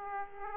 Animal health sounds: mosquito wingbeat signal from an infrared sensor; Aedes aegypti

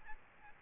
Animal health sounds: mosquito wingbeat signal from an infrared sensor; Aedes albopictus

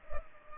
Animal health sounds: mosquito wingbeat signal from an infrared sensor; Culex pipiens

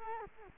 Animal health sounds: mosquito wingbeat signal from an infrared sensor; Culex quinquefasciatus

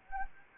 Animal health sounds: mosquito wingbeat signal from an infrared sensor; Anopheles arabiensis

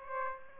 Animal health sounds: mosquito wingbeat signal from an infrared sensor; Aedes aegypti

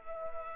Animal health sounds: mosquito wingbeat signal from an infrared sensor; Culex quinquefasciatus

